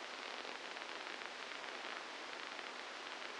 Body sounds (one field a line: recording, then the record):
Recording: brain microelectrode recording played as sound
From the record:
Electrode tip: inside the subthalamic nucleus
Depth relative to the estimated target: 2 mm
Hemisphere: left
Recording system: NeuroSet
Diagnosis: Parkinson's disease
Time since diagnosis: 12 years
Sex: male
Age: 61 years